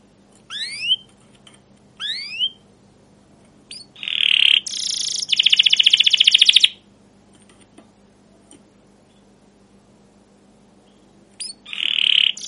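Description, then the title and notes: Canary singing in separated bursts: rising slurred whistles, buzzy rasping notes and a rapid chattering trill, with quiet gaps between phrases and a low steady hum beneath. Caged canary song used as a lure to train other canaries, described as long, lively chattering for young birds learning sounds. "CUIT CUIT NGEROL LANGSUNG GACOR PANJANG Kenari Ini AMPUH Utk Pancingan KENAR. PANCINGAN Kenari GACOR PANJANG Cuit CUIT EMOSI ini AMPUH utk MASTERAN Kenari PAUD belajar BUNYI. burung kenari"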